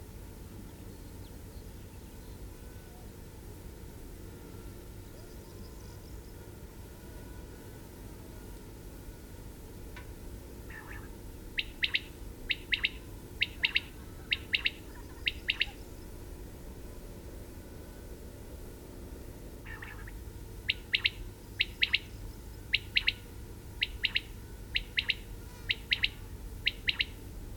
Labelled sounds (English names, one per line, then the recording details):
Common Quail call
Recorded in the wild
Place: Seedorf, Insel Rügen, Mecklenburg-Vorpommern, DE
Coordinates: 54.352, 13.654
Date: 1971-07-22 21:00
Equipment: Nagra III BH, Sennheiser MD 21, parabola
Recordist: Schubert, Michael